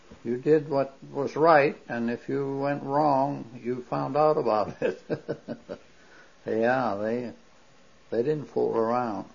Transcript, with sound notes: you did what was right, and if you went wrong, you found out about it. ( He laughs. ) Yeah, they didn't fool around.